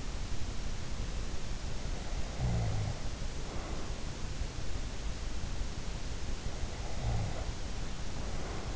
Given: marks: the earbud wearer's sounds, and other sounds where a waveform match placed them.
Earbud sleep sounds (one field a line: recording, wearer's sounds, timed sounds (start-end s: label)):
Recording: sounds in sleep by an in-ear microphone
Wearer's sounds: snoring breath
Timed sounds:
2.27-3.95 s: snoring breath
6.77-8.76 s: snoring breath